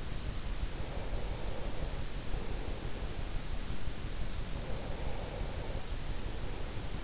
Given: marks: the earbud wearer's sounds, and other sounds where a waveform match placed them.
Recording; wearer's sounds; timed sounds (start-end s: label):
sounds in sleep by an in-ear microphone; breath
0.67-3.64 s: breath
4.68-7.04 s: breath